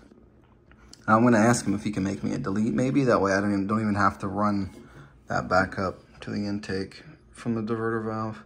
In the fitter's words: real nice you had like a whole batch of these made that way the OEM connector pops right in